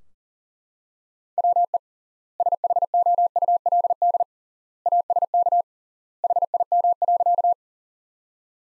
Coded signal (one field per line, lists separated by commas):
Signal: Morse code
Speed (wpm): 40 wpm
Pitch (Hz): 700 Hz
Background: none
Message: WE SHOULD ASK HIM.